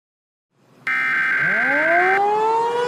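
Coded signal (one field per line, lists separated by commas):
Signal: Emergency Alert System (SAME) tones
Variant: header bursts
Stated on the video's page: Fictional EAS scenario made with KineMaster and a narrator voice app.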